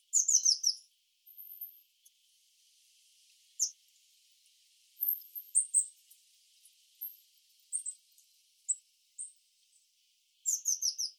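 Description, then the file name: Eurasian blue tit calling with bursts of very high, thin notes, rapid clusters at the start and end and scattered short notes and brief whistles between them. "Cyanistes caeruleus"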